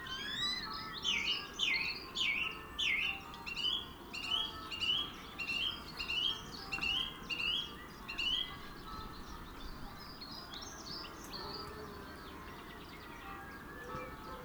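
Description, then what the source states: Song thrush song, a short clear phrase repeated many times at a steady pace, then fading into quieter hiss with faint notes. Male singing.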